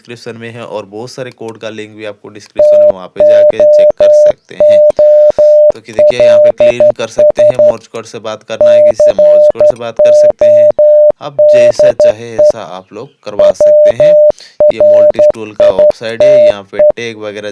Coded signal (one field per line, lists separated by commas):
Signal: Morse code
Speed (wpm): 12 wpm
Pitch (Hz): 600 Hz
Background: speech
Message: TOOLS CODE WRITE